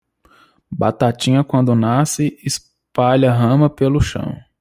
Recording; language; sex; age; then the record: short text; Brazilian Portuguese; male; 30 to 39 years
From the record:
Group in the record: control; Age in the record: 31 years